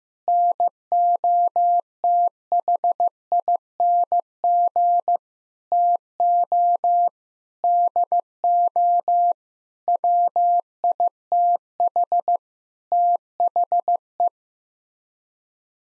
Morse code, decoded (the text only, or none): NOTHING TO DO WITH THE